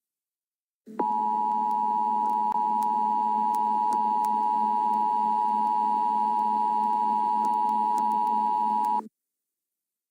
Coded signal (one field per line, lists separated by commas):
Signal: Emergency Alert System (SAME) tones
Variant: 853 and 960 Hz attention tone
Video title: EAS Scenario : Not So New Years Week